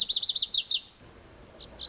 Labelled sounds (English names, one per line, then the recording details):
Lazuli Bunting
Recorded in Sonoma County, California